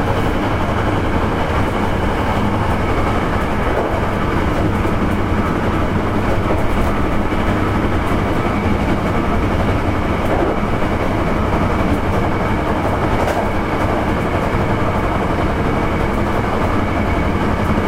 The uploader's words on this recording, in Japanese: 阪急電鉄9300系電車の走行音です。京都線の特急列車にて収録しました。区間は高槻市から烏丸までです。